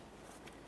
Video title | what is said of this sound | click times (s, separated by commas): How to Replace Airbag Clock Spring 2005-2010 Chevrolet Cobalt | we'll take it so the locking tab area is facing up press it in listen for a click | 0.5 s